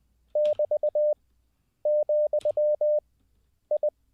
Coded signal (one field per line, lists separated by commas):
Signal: Morse code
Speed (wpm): 20 wpm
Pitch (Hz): 600 Hz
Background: none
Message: <BT> , I